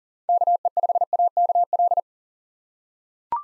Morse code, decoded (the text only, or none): KE5AKL